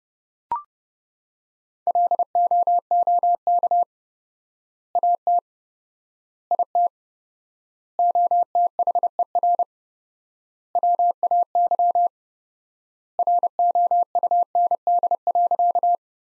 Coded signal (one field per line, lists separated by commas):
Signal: Morse code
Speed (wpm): 30 wpm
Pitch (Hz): 700 Hz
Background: none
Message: LOOK AT IT OTHER WAY ROUND.